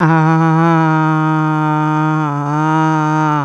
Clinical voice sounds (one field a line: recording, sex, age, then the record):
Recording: sustained vowel /a/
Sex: female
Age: 50 to 59 years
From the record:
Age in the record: 54 years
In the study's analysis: included